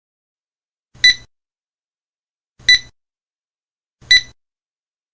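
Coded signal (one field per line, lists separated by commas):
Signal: none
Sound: checkout scanner beeps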